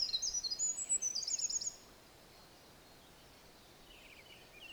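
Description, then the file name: Olive-backed Pipit giving a short burst of high, fast trilling and twittering notes for under two seconds, then near silence with only faint high notes later. Recorded at Mt Hinoki. "Indian Tree Pipit At Mt Hinoki"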